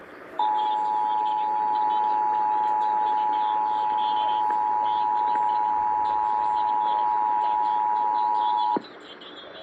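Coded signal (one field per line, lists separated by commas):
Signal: Emergency Alert System (SAME) tones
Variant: 853 and 960 Hz attention tone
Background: speech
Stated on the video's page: Required monthly test relayed on two AM stations, one FM station and a TV subchannel.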